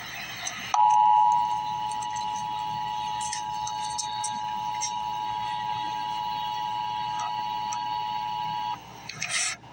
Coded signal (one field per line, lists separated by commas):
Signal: Emergency Alert System (SAME) tones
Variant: 853 and 960 Hz attention tone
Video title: Emergency Alert System - Extreme Cold Warning - Jan 26, 2026 at 12:30 AM EST